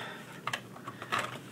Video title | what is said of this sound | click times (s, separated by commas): Selphy cp 1200 Photo Printer Review | it just snaps right in | 0.5 s